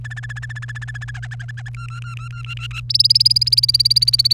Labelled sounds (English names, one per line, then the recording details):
Domestic Canary song
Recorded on 1 May 2018 at 11:33
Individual llb3